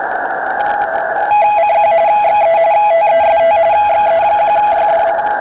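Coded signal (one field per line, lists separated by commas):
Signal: RTTY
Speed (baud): 45.45 baud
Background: radio noise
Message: CQ XE TEST XE1YD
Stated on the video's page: Amateur digital modes on 40 meters from a Yaesu FT-891 with an inverted-V random wire antenna and manual tuner.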